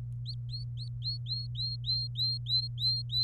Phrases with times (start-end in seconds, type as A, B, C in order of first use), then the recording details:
0.26-3.23 A. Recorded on 26 April 2018 at 14:56. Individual llb3